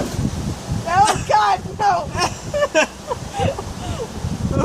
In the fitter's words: not clicking go probably because it didn't go down hold up get up one more time you